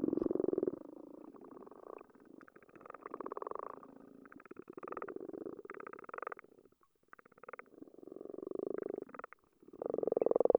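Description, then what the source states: Frogs rattling beneath the water, with short bursts of rapid clicks coming and going and a louder run at the end. Frogs recorded underwater with a hydrophone.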